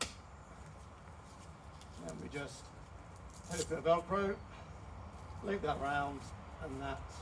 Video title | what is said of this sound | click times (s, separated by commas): Advanta Pro Peak One Man Bivvy Review - Full Setup, Features & Honest Opinion | and then pops in here like that. | 0.0 s